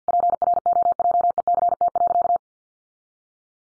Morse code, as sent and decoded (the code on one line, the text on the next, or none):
.--. .-. --- .--- . -.-. - .-.-.-
PROJECT.